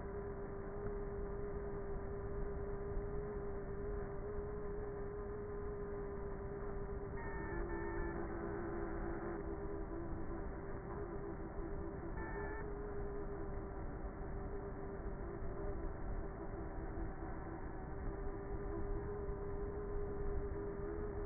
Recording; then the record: honeybee colony, microphone inside the hive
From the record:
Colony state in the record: queenless with a low population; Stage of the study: before two queens were removed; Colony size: about 30,000 bees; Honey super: no